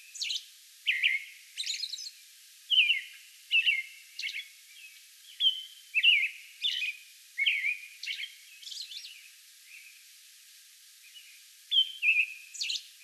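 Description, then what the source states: American robin delivering a long bout of caroling whistled phrases, rapid and rhythmic, with high thin notes interspersed and a brief lull before resuming. Song bout recorded May 11.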